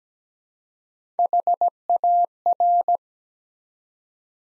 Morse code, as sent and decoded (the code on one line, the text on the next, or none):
.... .- .-.
HAR